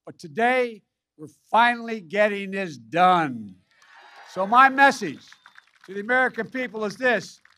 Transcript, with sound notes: But today, we’re finally getting this done. (Applause.) So my message to the American people is this: